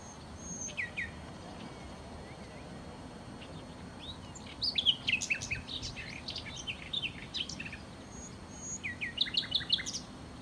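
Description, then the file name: Common nightingale: quiet bird song in separate bursts of varied, rapid high notes and slurs, with short pauses between the phrases. "Nachtigall"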